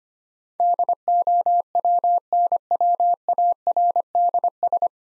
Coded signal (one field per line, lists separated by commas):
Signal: Morse code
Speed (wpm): 25 wpm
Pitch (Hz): 700 Hz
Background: none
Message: DOWNWARDS